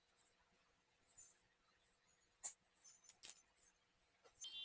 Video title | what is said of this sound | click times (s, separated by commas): Mirana Spectre Driving motor Gear Problem Repairing ￼#miranarccarrepair ￼ | സംഭവം lock ആയിട്ടുണ്ട് കേട്ടോ. | 3.3 s